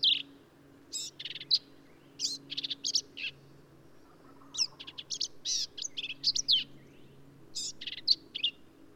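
Black-capped vireo song in a long run of hurried, scratchy and whistled notes, phrases tumbling one after another with only short gaps, over a soft low hum.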